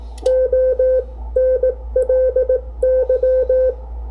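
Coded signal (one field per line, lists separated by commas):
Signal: Morse code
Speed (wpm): 18 wpm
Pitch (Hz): 510 Hz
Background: none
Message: ONLY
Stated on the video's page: Amateur radio CW ragchew and code practice.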